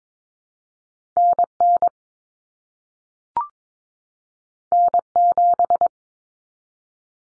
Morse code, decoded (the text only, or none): NN N7